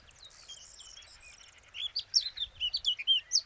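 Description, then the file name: Eurasian blackcap song: a quiet opening, then a fast, rich warble of varied fluty and twittering notes. "Sylvia atricapilla"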